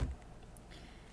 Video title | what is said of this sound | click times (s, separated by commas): Hey First Video.. MaryKay Unboxing.... what is it what is it... | they just they just toss in there pop into place this is a matte color | 0.6 s